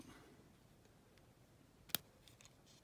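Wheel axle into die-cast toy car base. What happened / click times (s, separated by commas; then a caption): Small wheel axle snapped into a die-cast base / 2.0 s. The wheels and axle of a Corgi Rockets Volvo P1800 die-cast toy car are pressed over into its die-cast base, with a sharp, firm click at 2.0 s showing the axle has seated. A few faint ticks follow around 2.3 and 2.4 s against quiet background hiss.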